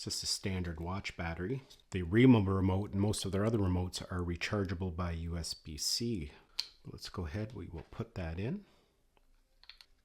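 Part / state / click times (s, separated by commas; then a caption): battery compartment cover on a camera shutter remote / seated / 9.7 s. Someone talks, then twists the plastic battery compartment cover back onto a GoPro camera shutter remote after putting a coin watch battery inside. A few small clicks follow, with the cover locking in place with a click at 9.7 s, showing it is properly seated.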